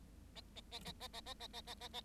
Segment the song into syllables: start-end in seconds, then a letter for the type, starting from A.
0.35-0.41 A, 0.55-0.60 A, 0.71-0.79 A, 0.85-0.92 A, 1.00-1.07 A, 1.13-1.21 A, 1.25-1.34 A, 1.39-1.47 A, 1.53-1.61 A, 1.67-1.74 A, 1.80-1.88 A, 1.93-2.01 A